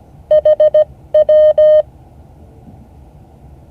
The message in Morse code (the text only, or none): HW